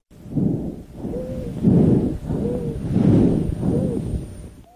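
A monophonic wheeze heard through a stethoscope over an adult chest: a single musical tone near 500 Hz that recurs with each of three breaths, over low, rushing breath sounds.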